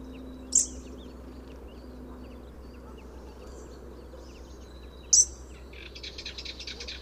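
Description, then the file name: European robin call notes: two sharp, very high ticks about four and a half seconds apart, with faint scratchy chatter and a steady low hum behind. "Erithacus rubecula"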